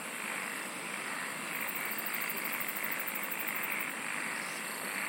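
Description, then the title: Insect chorus with a steady shrill hum and a rapid high pulsed trill through the middle, over continuous dense hiss. "SINGING OF INSECTS"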